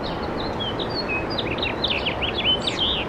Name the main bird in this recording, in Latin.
Haemorhous mexicanus